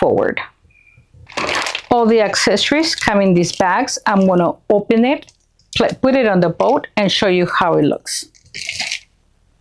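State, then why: Seated. A plastic top piece with a steering wheel is pressed onto the top of a Barbie Dream Boat toy boat, with the steering wheel facing forward. Sharp plastic snaps sound at 1.4 s and 1.8 s as the piece snaps into place, and someone talks before and after.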